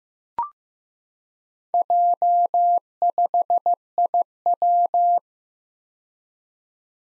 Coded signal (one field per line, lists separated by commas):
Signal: Morse code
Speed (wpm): 15 wpm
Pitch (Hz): 700 Hz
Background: none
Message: J5IW